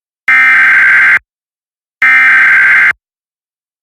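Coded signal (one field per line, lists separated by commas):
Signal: Emergency Alert System (SAME) tones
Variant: header bursts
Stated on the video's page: Routine weekly Monday Emergency Alert System tests.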